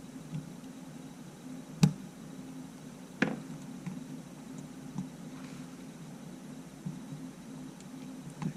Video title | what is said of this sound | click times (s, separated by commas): Sony A7R2 Image Sensor troubleshooting | It click in place. Did it click in place? Yeah, looks like it looks like we're good. | 1.8 s, 3.2 s